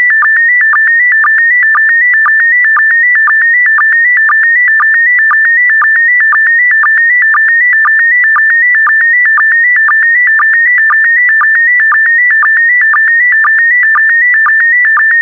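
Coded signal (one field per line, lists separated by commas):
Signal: SSTV (slow-scan television)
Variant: PD120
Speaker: complete. You can now check your decoded image against the picture that is shown on the video.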